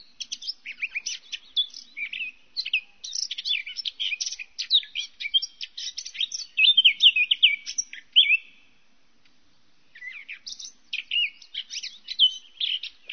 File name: fauvette a tete noire